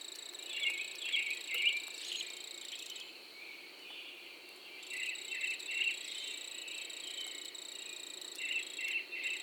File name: Early AMBirds Lone Cricket Version TWOApril 2012